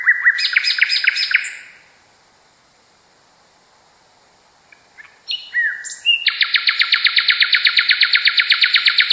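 Nightingale song: a rapid series of sharp notes, a silent pause, then whistles leading into a long, loud, steady rattling trill.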